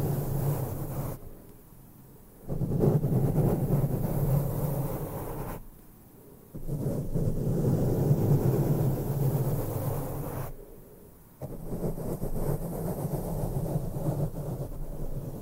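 Intense microphone brushing, with no talking, arrives in long dense passes of scratchy, rumbling rustle that sits mostly low and middle in pitch. Short quieter pauses break it up near 1, 6 and 10.5 seconds before the brushing resumes just as heavily.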